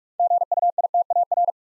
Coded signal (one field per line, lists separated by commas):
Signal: Morse code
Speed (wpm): 44 wpm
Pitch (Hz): 700 Hz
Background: none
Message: GUITAR